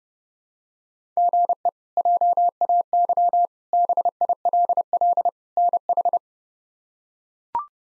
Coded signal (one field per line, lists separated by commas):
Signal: Morse code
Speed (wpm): 30 wpm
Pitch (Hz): 700 Hz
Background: none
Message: GE JAY BILL NH